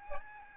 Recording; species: mosquito wingbeat signal from an infrared sensor; Aedes albopictus